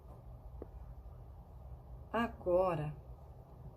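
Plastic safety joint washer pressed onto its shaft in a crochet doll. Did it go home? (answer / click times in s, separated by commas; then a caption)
yes / 0.6 s. A plastic safety joint washer is pressed firmly onto its shaft through the crochet fabric while assembling the articulated head of an amigurumi crochet doll. A sharp, short click at 0.6 s marks the piece seating into place, and someone talks shortly after.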